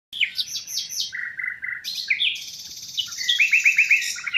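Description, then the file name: Common nightingale song: a quick series of repeated chirps, then a low churring run and a sustained high buzzy trill ending in rapid notes. "Luscinia megarhynchos"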